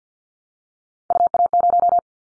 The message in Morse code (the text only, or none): UA0